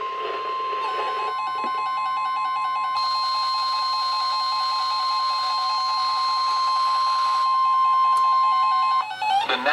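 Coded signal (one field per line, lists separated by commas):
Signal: Emergency Alert System (SAME) tones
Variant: 1050 Hz attention tone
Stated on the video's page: SAME tones from NOAA weather radio stations broadcasting marine warnings, flood watches and warnings.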